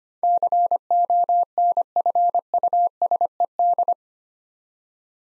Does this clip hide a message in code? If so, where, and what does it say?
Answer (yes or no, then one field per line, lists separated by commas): yes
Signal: Morse code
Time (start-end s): 0.2-3.9 s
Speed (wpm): 25 wpm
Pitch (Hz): 700 Hz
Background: none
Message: CONFUSED